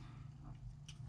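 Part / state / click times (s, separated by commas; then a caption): cable connector into radio control head / seated / 0.9 s. A cable connector is plugged into the control head of a Kenwood VM8000 multiband P25 and DMR radio during a handheld control head conversion. Over a steady low hum, a short, sharp click at 0.9 s marks the connector seating fully in place.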